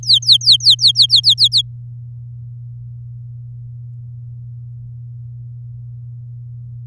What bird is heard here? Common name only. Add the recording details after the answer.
Domestic Canary. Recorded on 10 May 2018 at 06:19. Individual llb16